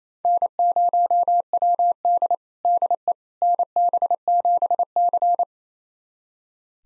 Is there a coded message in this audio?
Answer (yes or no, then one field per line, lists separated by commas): yes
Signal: Morse code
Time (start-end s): 0.2-5.4 s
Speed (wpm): 27 wpm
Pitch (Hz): 700 Hz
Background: none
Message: N0WD DE NB7C